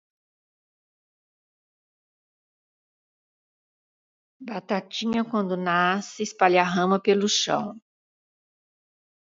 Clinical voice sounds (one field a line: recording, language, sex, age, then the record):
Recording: short text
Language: Brazilian Portuguese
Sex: female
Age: 60 to 69 years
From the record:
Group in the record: control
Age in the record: 69 years